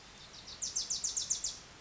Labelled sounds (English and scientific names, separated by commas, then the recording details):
Wilson's Warbler (Cardellina pusilla)
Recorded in Sonoma County, California